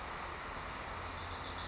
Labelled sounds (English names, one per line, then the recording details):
Wilson's Warbler
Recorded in Sonoma County, California